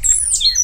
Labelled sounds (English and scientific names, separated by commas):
Stitchbird (Notiomystis cincta) song